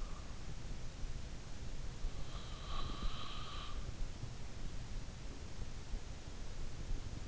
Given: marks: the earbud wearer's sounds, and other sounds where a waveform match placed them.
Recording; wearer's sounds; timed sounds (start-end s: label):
sounds in sleep by an in-ear microphone; breath
2.43-3.84 s: breath